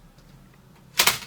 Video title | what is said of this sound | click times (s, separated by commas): Печатная машинка Идеаль 1936 г - обзор - typewriter Ideal schreibmaschine | до щелчка мы его ставим | 1.0 s, 1.1 s